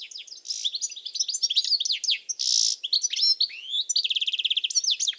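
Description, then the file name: European goldfinch song, a fast liquid twitter of high tinkling notes mixed with buzzy wheezes and a rapid trilled run near the end, continuous throughout. "Carduelis carduelis"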